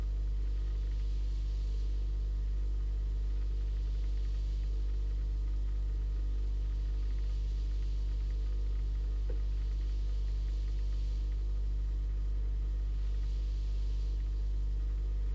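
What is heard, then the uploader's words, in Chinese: A refrigerator hums steadily from inside, its low drone and faint fixed tones unchanging for the whole stretch. Everything is very quiet, with only soft swells of airy hiss rising and fading every few seconds above the constant motor rumble. 在冰箱里保鲜冷藏一分钟。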